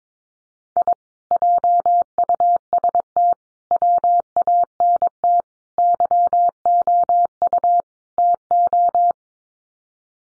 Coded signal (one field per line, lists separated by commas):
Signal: Morse code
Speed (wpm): 22 wpm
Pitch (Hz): 700 Hz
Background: none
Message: I JUST WANT YOU TO